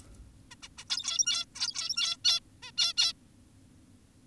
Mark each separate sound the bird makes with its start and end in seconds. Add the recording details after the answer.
0.51-0.55, 0.63-0.68, 0.78-0.84, 0.90-1.45, 1.55-2.17, 2.25-2.40, 2.63-2.72, 2.78-2.94, 2.97-3.13. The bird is an adult. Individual g17y2U